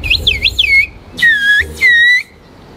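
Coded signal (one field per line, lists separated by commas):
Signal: whistled language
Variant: Turkish kuş dili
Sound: three gliding whistled phrases rising and falling between high and mid pitch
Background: low background rumble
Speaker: in turkey there is a village where people talk through a whistle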